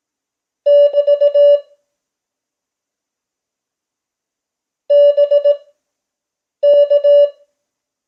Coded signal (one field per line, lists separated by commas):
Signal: Morse code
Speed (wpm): 18 wpm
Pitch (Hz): 580 Hz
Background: none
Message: <BT> BK